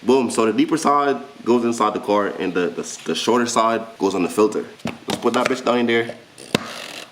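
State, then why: Seated. Someone talks while fitting a new engine oil filter element on a BMW M550, with its two-sided end piece (deeper side toward the car, shorter side on the filter), then pushes it down into the filter housing. A sharp snap is heard at 6.6 s, with a faint tick just before it at 6.4 s. The filter element is seated, snapped into place so that it is hard to come off.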